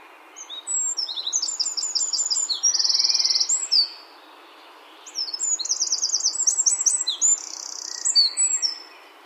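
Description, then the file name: Eurasian wren song: two loud, rapid bursts of high, sharp notes, each including a fast rattling trill, separated by a short pause. "Troglodytes troglodytes"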